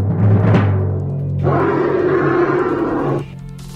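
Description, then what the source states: Australian bustard giving a deep booming roar: a low rumbling drone, then a rough bellow of nearly two seconds, with the drone going on more quietly afterwards. Played back as a quiz sound; from Australia.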